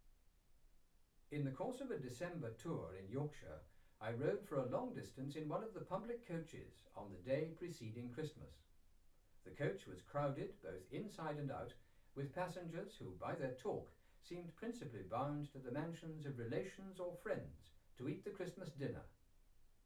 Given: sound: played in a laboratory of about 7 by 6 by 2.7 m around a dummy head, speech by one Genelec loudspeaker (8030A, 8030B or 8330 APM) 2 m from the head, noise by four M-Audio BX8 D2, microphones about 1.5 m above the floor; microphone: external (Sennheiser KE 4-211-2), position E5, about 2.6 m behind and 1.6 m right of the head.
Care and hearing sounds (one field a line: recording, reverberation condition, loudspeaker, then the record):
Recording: male speech in English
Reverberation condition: low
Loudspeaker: 60 degrees to the left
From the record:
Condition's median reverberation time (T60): about 310 ms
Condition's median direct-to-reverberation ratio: about 3.5 dB